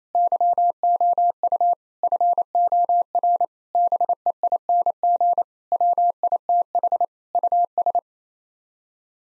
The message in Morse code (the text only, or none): YOU FOR BEING WITH US